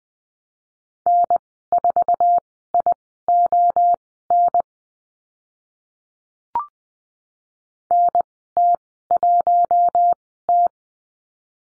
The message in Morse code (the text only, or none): N4ION NT1T